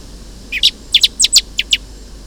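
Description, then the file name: Common blackbird giving quick, sharp chink notes, about eight in paired bursts within just over a second. "Turdus merula"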